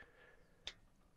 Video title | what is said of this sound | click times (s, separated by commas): Motorhome DIY Solar Upgrade (UK). Part 1. Step by step. If I can do it, so can you! | There you go, it clicked into place. | 0.7 s